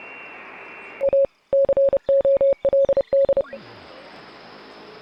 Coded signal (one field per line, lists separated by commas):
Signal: Morse code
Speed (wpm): 30 wpm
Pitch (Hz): 550 Hz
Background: none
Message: A COLD